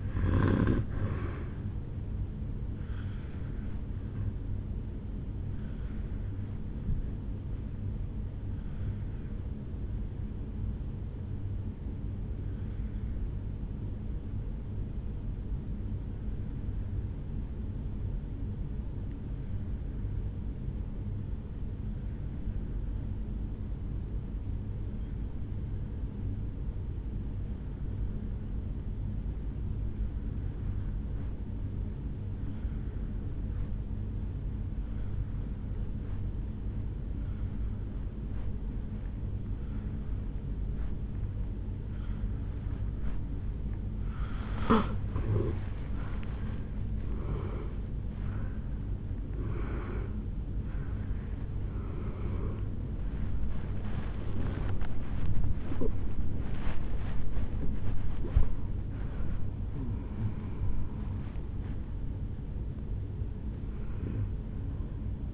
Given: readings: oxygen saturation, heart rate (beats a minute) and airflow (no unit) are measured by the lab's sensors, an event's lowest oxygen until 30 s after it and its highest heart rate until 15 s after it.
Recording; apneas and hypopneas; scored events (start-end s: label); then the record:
breathing in sleep by a smartphone at the bedside; 1
13.00-44.60 s: obstructive apnea (N1, oxygen 97% highest, then 83% lowest, heart rate 53 at the start, 74 highest)
From the record:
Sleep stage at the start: N1 (lightest sleep); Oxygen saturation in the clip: 83 to 97%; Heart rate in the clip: 53 to 75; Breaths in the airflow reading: 10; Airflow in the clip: -11.5 to 8.5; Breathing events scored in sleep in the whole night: 449 in 7.0 hours asleep